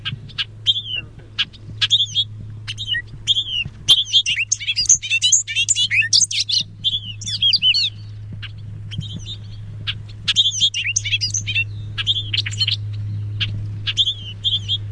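Bobolink giving dense, bubbling metallic song phrases in rapid succession with scattered short call notes, over a steady low hum.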